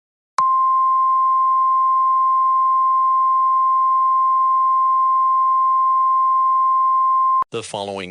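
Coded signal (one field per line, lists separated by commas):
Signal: Emergency Alert System (SAME) tones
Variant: 1050 Hz attention tone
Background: speech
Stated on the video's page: Fictional EAS scenario for a Cascadia Subduction Zone earthquake; fully valid EAS tones.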